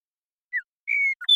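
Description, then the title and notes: Western meadowlark whistles: one brief falling note, a longer steady whistle, then the first notes of a fast, bright phrase that breaks off. Song, contact calls and flush; Pacific Northwest, Washington, United States. "Western Meadowlark, Sturnella neglecta, song, contact calls, and flush, family: Troupials and Allies Pacific Northwest in Washington, United States"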